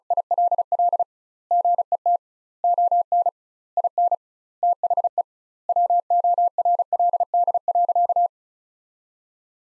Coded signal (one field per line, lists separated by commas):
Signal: Morse code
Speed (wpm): 34 wpm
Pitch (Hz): 700 Hz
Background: none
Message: ILL GET ON IN THE WORLD.